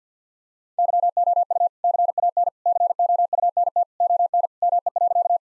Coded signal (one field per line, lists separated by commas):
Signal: Morse code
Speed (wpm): 49 wpm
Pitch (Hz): 700 Hz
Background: none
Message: YOU CAN COUNT ON ME.